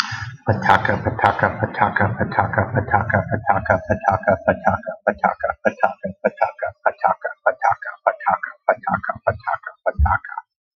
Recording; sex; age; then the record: repeated syllables /pa ta ka/; male; 40 to 49 years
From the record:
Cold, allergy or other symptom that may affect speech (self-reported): no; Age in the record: 40 years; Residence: Iowa, United States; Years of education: 15